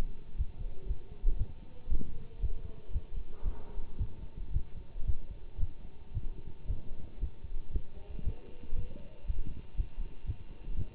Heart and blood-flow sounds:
heart sounds by stethoscope; between the tricuspid and mitral areas; 116 bpm
0.37 s: heartbeat
0.87 s: heartbeat
1.38 s: heartbeat
1.89 s: heartbeat
2.40 s: heartbeat
2.92 s: heartbeat
3.44 s: heartbeat
3.98 s: heartbeat
4.52 s: heartbeat
5.06 s: heartbeat
5.60 s: heartbeat
6.13 s: heartbeat
6.67 s: heartbeat
7.20 s: heartbeat
7.72 s: heartbeat
8.24 s: heartbeat
8.75 s: heartbeat
9.26 s: heartbeat
9.76 s: heartbeat
10.26 s: heartbeat
10.75 s: heartbeat
From the record:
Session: Bruce protocol treadmill stress test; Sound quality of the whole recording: good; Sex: male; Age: 24 years

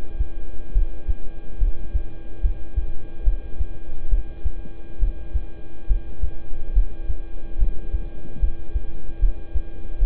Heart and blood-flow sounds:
heart sounds by stethoscope; between the tricuspid and mitral areas; 71 bpm
0.72 s: heartbeat
1.58 s: heartbeat
2.41 s: heartbeat
3.24 s: heartbeat
4.09 s: heartbeat
4.99 s: heartbeat
5.87 s: heartbeat
6.73 s: heartbeat
7.57 s: heartbeat
8.39 s: heartbeat
9.19 s: heartbeat
9.98 s: heartbeat
From the record:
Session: rest, lying down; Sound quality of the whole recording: good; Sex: male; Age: 26 years

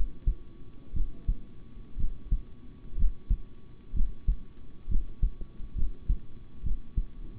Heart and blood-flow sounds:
heart sounds by stethoscope; between the tricuspid and mitral areas; 63 bpm
0.93 s: heartbeat
1.96 s: heartbeat
2.96 s: heartbeat
3.93 s: heartbeat
4.88 s: heartbeat
5.75 s: heartbeat
6.63 s: heartbeat
From the record:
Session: rest, sitting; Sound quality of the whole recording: good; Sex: male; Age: 26 years

